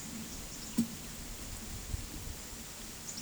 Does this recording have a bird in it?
no